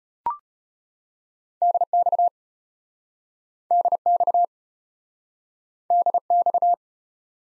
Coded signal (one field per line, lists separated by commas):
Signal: Morse code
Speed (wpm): 34 wpm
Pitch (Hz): 700 Hz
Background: none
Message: DX DX DX